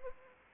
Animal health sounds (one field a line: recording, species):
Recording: mosquito wingbeat signal from an infrared sensor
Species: Anopheles arabiensis